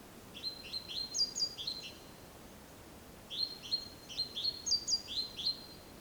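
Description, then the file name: Great tit giving two bursts of fast high chirps with thin squeaky notes above, close together, over light background hiss. "Parus major"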